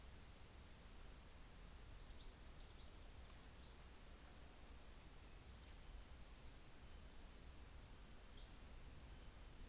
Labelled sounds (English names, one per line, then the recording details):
North Island Saddleback
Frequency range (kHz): North Island Saddleback 2.8-3.5 kHz
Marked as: faintness 5/5
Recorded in New Zealand on 24 December 2018
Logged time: 15:45